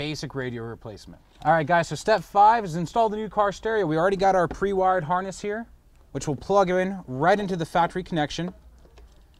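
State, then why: Seated. Someone talks while plugging a pre-wired aftermarket stereo wiring harness into the car's factory wiring connector, a plastic multi-pin plug, as part of installing a new car stereo. After the talking stops, a short, sharp click is heard at 8.9 seconds and the harness connector is seated in the factory plug.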